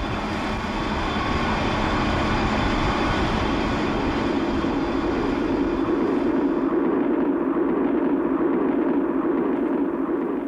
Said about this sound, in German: Wieder sitzen wir im Zug. Diesmal auf der Fahrt von Neapel nach La Spezia, einer kleinen Stadt am Golf von Genua.